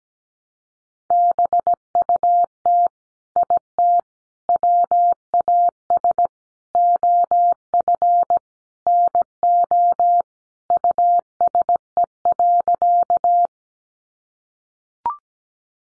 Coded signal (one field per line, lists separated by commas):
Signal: Morse code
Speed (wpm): 17 wpm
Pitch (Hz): 700 Hz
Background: none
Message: BUT IT WAS OF NO USE.